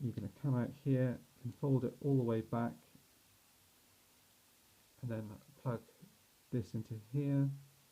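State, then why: Not seated. Someone talks while handling a plastic arm piece of a transforming robot toy, folding it all the way back to plug it into its socket on the figure's body. Only speech is heard, with quiet pauses between phrases. Nothing has seated or clicked yet.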